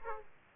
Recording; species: mosquito wingbeat signal from an infrared sensor; Aedes aegypti